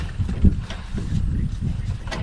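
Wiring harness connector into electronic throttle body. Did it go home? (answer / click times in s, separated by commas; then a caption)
no / none. A plastic wiring harness connector is pushed toward the new electronic throttle body on a 2007-2013 Chevrolet Avalanche 5.3L V8 during installation. Faint handling taps and rustles are heard over steady low rumble and wind-like noise. Nothing has seated or clicked yet.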